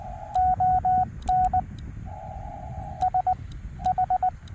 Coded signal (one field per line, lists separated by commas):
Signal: Morse code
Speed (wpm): 20 wpm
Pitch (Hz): 730 Hz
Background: radio noise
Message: ON S H